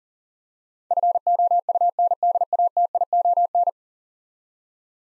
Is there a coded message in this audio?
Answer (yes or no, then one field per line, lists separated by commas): yes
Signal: Morse code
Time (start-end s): 0.9-3.7 s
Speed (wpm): 40 wpm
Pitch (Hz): 700 Hz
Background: none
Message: FOUNDATION